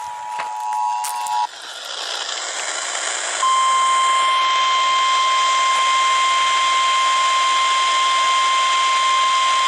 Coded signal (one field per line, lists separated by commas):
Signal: Emergency Alert System (SAME) tones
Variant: 853 and 960 Hz attention tone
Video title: MORRISTOWN IS WATCHING YOU... EAS Alerts from 9/3/20 (EAS #5,021 - 5,023)